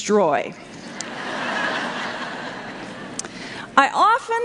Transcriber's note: laughter